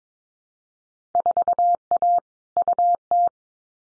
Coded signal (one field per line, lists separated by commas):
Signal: Morse code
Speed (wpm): 22 wpm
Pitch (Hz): 700 Hz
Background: none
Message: 4A UT